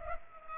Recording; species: mosquito wingbeat signal from an infrared sensor; Culex pipiens